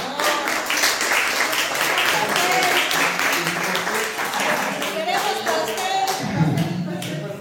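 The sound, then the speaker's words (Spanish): A crowd claps steadily for several seconds for a man on his birthday, a dense patter of many hands with a few cheers and voices rising through it before it tapers off. “Un aplauso para él.”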